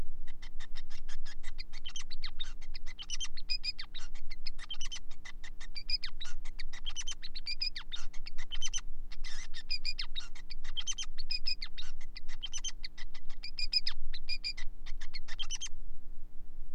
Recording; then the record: song of a male Bengalese finch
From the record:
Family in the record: son of father 5